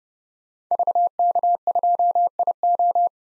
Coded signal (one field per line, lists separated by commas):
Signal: Morse code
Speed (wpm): 30 wpm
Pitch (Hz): 700 Hz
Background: none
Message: VK2IO